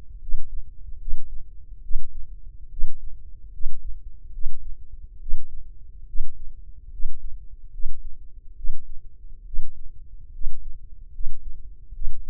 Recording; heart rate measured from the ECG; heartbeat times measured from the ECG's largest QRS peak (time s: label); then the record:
heart sounds by microphone in the left ear; 72 bpm
0.20 s: heartbeat
0.99 s: heartbeat
1.81 s: heartbeat
2.69 s: heartbeat
3.51 s: heartbeat
4.32 s: heartbeat
5.19 s: heartbeat
6.06 s: heartbeat
6.90 s: heartbeat
7.71 s: heartbeat
8.55 s: heartbeat
9.44 s: heartbeat
10.32 s: heartbeat
11.12 s: heartbeat
11.92 s: heartbeat
From the record:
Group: healthy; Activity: rest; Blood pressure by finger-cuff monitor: 136/87 mmHg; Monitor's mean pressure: 102 mmHg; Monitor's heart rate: 72 bpm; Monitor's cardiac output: 5.6 L/min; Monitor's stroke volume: 79 mL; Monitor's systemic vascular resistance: 1330 dyn s/cm5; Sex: male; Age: 21 years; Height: 180 cm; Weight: 67.5 kg